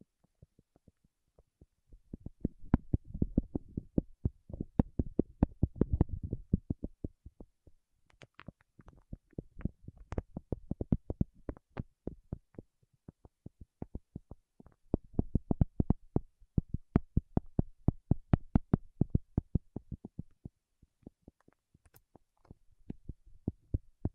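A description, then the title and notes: Fingertips working in wax produce a dense run of sharp, irregular clicks and little sticky snaps for the whole stretch. Around three to six seconds a soft, low thumping builds up underneath, and the quick tapping crackle carries on unevenly to the end. ASMR with Wax Fingertips for Sleep (No Talking).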